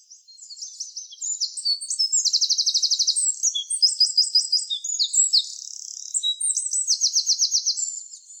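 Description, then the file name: Eurasian wren delivering a vigorous, very high song of fast rattling trills and twittering phrases that runs nearly the whole time. "Troglodytes troglodytes"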